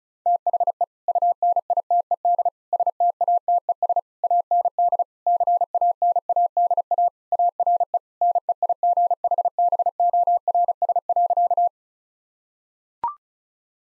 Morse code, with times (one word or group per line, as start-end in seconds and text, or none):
0.3-0.8 THE
1.1-2.5 UNITED
2.7-4.0 STATES
4.2-5.0 AND
5.3-7.1 CANADA
7.3-8.0 ARE
8.2-11.7 NEIGHBORS.